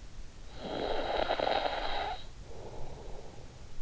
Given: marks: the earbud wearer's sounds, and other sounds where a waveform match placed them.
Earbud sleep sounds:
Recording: sounds in sleep by an in-ear microphone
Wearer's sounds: snoring breath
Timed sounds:
0.17-3.65 s: snoring breath

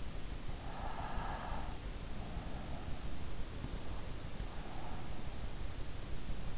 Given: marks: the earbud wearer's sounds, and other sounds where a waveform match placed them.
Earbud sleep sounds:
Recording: sounds in sleep by an in-ear microphone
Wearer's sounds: breath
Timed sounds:
0.71-2.54 s: breath

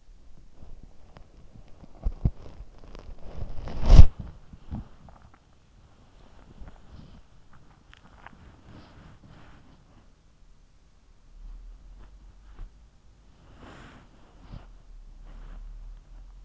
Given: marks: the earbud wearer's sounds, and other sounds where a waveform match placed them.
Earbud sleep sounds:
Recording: sounds in sleep by an in-ear microphone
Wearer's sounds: body movement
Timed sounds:
0.00-16.44 s: body movement

